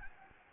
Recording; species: mosquito wingbeat signal from an infrared sensor; Anopheles gambiae